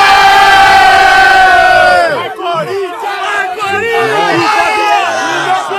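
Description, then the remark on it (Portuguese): A large crowd of fans lets out a loud, sustained collective shout for about two seconds, then breaks into a mix of scattered yelling, whoops and excited chatter that stays loud throughout. “Mano, tem uma galera muito grande aqui, tem muita gente que vai, pra vocês terem noção. Quem tá aqui, dá um grito aí!”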